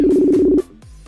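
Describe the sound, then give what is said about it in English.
Outgoing Facebook call ringing tone: one loud, steady electronic burst at a buzzy mid pitch holding for about half a second, then cutting off abruptly into low background noise. “I'm ringing on Facebook, dear.”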